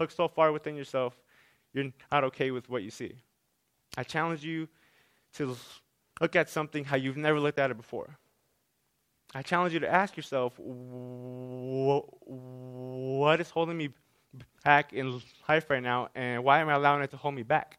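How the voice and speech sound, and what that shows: A man who describes himself as an abject stutterer gives a TED talk, speaking slowly in short phrases with long pauses and several stretched sounds, including one vowel held for over a second. These prolongations and hesitant blocks are typical of stuttering in an adult speaker.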